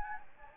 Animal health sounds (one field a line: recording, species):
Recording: mosquito wingbeat signal from an infrared sensor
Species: Anopheles gambiae